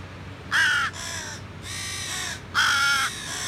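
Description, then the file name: Carrion crow calling with drawn-out, rasping caws, two loud calls and softer ones between and after, in a short burst. "Corvus corone"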